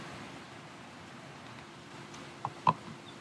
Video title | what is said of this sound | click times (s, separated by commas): Oil change for Mercedes Sprinter/ 2022 Airstream Interstate 19/ Class B RV/ Camper Van | I think you're supposed to hear a click. There you go. | 2.7 s